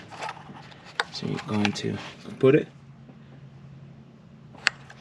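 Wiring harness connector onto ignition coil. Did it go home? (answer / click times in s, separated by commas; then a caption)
yes / 4.7 s. A plastic wiring-harness connector is pushed onto the ignition coil of a 2006-2011 Kia Rio until it latches, before its safety lock is engaged. Someone talks through the first few seconds, then a sharp click is heard at 4.7 s as the connector seats on the coil.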